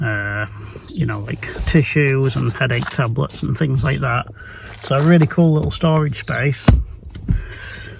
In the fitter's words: This one, unfortunately, won't click back down for some reason, but these are the cup holders.